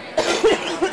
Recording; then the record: coughing mixed with background sound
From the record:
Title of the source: 61 morning phlegmy cough...again